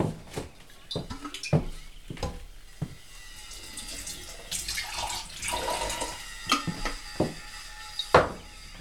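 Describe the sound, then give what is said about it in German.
Mineral water splashes and trickles into a glass, with a hissing pour in the middle and scattered sharp clinks and knocks of glassware before and after. No one speaks. “Ich gebe ihm einen Schluck Mineralwasser.”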